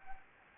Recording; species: mosquito wingbeat signal from an infrared sensor; Anopheles arabiensis